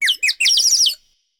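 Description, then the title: Bird chirping: a quick high tweeting burst of descending notes, two short chirps then a denser twittering run, lasting about a second. "Bird, Happy Tweeting Call"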